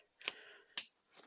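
A metal retaining clip is pushed into its groove inside a motorcycle fork tube, with fainter scraping clicks around it. It snaps into place with a sharp click at 0.8 s, confirmed seated.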